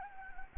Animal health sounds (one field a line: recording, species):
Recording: mosquito wingbeat signal from an infrared sensor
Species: Anopheles gambiae